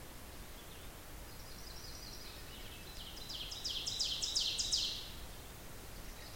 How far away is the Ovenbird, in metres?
about 40 m